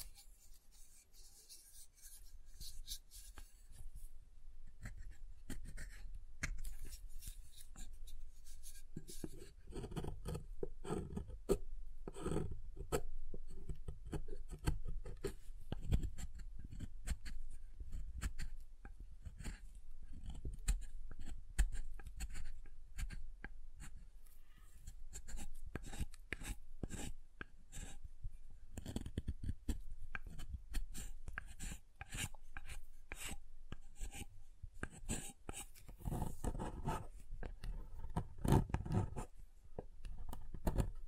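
Soap is tapped and carved in dense, irregular scraping and clicking strokes that start sparse, then run almost continuously, with sharper taps near the end.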